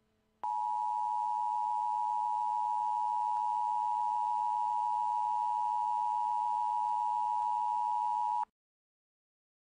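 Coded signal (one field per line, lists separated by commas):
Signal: Emergency Alert System (SAME) tones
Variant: 853 and 960 Hz attention tone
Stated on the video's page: Fictional EAS scenario with simulated alert tones about a tornado outbreak turning into a global hurricane disaster.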